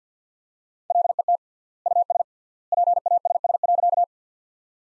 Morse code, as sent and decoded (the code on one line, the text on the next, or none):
.-.. . - / ..- ... / .--. .- ... ... .-.-.-
LET US PASS.